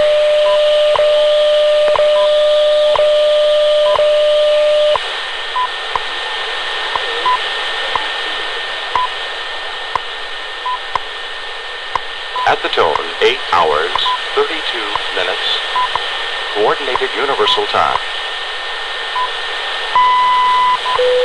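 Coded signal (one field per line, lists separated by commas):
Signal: radio time signal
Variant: WWV and WWVH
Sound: steady tone with a tick every second, then faint second ticks in static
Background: radio static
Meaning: Each tick marks one second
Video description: later on I almost completely lost WWV, but then WWVH came in much more clearly before fading out leaving only what sounded for all the world like a ticking clock or pocket watch buried in a swamp of noise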